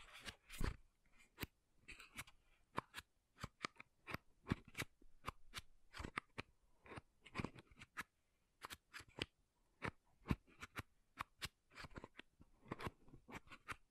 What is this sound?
MAKEUP TAPPING & SCRATCHING